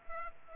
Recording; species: mosquito wingbeat signal from an infrared sensor; Culex pipiens